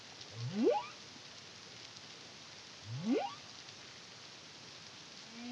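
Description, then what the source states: Humpback whale song: two sweeping upward units that rise steeply from low to high pitch, about two and a half seconds apart, over a steady hiss of background water noise. Caribbean, CARIMAM project, 2023.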